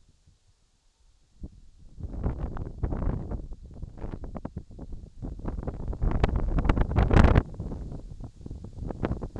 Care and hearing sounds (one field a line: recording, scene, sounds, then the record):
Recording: everyday scene through a hearing-aid microphone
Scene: wind on the microphone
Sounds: wind, whistling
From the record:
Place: in front of a rural house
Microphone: in the ear canal, left